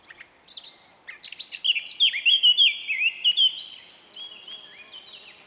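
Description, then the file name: Eurasian blackcap song starts with soft, sharp twitters, swells into a rich phrase of clear, fluting whistles, then tails off in softer warbling. "Sylvia atricapilla"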